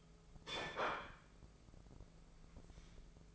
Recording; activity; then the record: daily activity, microphone in the room; place plate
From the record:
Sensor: 5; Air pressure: 1015.1 hPa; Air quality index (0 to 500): 206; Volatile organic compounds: 10 ppm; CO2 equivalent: 2262 ppm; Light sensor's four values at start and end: 77/182/78/85 and 78/182/78/85